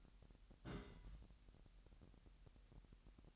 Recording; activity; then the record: daily activity, microphone in the room; place on stove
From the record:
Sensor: 3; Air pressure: 1001.9 hPa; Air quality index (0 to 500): 244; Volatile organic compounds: 47 ppm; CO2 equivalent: 3250 ppm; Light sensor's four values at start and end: 6/14/6/6 and 6/14/6/6